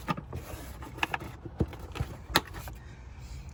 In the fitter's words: So they just simply snap into place.